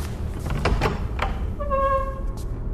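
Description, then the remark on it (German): A guest-room door is eased open by someone on tiptoe, with a few soft knocks and clicks, then a drawn-out, high, tonal hinge creak that fades away, all fairly quiet with no voices. “Auf Zehenspitzen schlich sie zur Tür und öffnete sie leise.”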